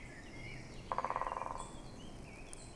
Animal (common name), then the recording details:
Great Spotted Woodpecker. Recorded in Germany. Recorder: ecoPi